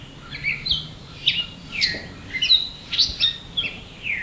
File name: Dumetella carolinensis - Grey Catbird